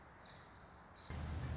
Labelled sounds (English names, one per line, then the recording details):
Nuttall's Woodpecker
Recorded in Sonoma County, California